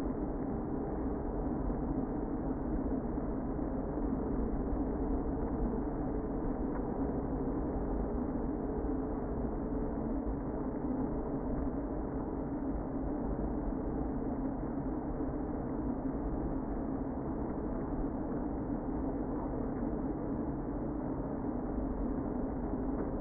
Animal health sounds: honeybee colony, microphone inside the hive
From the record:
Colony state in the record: queen present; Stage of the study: before two queens were removed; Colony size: about 60,000 bees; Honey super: yes

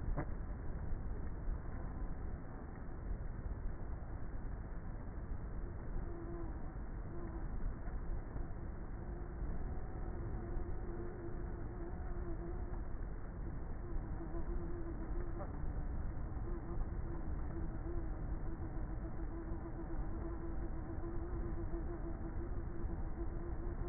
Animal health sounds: honeybee colony, microphone inside the hive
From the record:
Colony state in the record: queenless with a low population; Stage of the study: before two queens were removed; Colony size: about 30,000 bees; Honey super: no

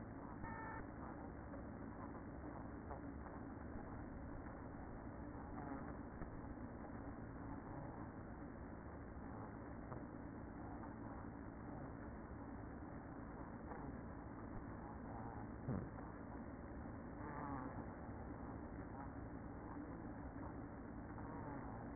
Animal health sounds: honeybee colony, microphone inside the hive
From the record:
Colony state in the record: queen present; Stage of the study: after two queens were removed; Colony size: about 60,000 bees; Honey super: yes

